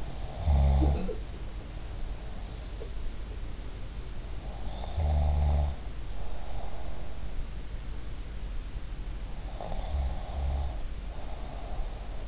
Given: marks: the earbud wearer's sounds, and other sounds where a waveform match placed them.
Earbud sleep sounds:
sounds in sleep by an in-ear microphone; snoring breath
0.00-2.84 s: snoring breath
0.68-1.34 s: sound from someone else or the room
2.66-3.21 s: sound from someone else or the room
4.46-7.27 s: snoring breath
9.51-12.28 s: snoring breath

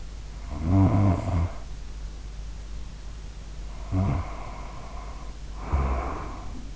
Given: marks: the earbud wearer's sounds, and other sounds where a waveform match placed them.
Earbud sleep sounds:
sounds in sleep by an in-ear microphone; snoring breath
0.43-1.85 s: snoring breath
3.79-6.76 s: snoring breath

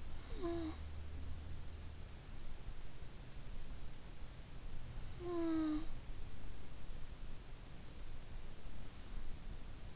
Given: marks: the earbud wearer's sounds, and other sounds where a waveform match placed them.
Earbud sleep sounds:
sounds in sleep by an in-ear microphone; snoring breath
0.00-1.15 s: snoring breath
4.92-6.08 s: snoring breath

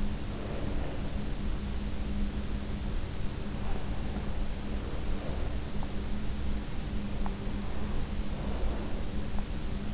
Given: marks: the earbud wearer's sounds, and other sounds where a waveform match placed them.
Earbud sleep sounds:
sounds in sleep by an in-ear microphone; breath, teeth grinding
0.00-1.55 s: breath
4.05-5.55 s: breath
5.80-7.51 s: teeth grinding
7.73-9.35 s: breath

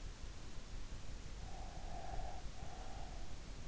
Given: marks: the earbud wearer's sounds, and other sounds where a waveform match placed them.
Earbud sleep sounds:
sounds in sleep by an in-ear microphone; breath
1.40-3.45 s: breath

